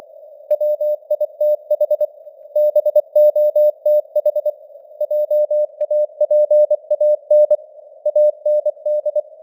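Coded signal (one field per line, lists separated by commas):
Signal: Morse code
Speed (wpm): 24 wpm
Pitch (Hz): 600 Hz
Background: none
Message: WITH BOTH JAPAN AND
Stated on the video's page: News headlines in Morse at 24 wpm with simulated radio noise and varying signal strength (QSB).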